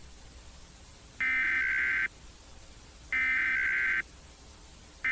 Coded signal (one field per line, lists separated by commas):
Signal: Emergency Alert System (SAME) tones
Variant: header bursts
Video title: EAS Scenario: Thawed Earth - Episode 1: Starting in Miami